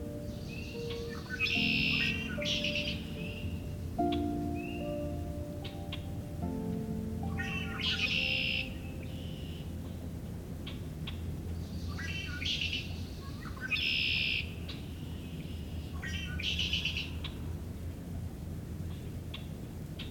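Red-winged Blackbirds sing their bright, buzzy calls in repeated bursts, roughly every three seconds, with short rising chirps between. Other birds add scattered tweets, and a low, steady hum of mixed tones runs underneath throughout.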